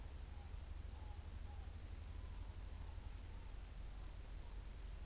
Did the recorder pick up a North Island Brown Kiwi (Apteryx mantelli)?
no